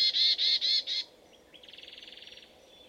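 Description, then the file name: Marsh tit buzzy call: four loud nasal notes in quick succession, then a faint rapid trill of softer notes. "Poecile palustris"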